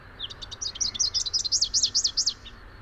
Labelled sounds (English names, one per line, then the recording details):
Rufous-capped Warbler song
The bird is a male
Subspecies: rufifrons
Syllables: 20
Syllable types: 7
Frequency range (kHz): 2.8-7.5 kHz
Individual YA-R15-M